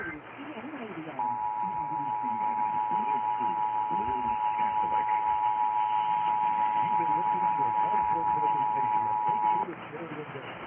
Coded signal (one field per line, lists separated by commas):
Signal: Emergency Alert System (SAME) tones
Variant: 853 and 960 Hz attention tone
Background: speech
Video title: Arkansas EAS Required Monthly Test (August 16, 2019)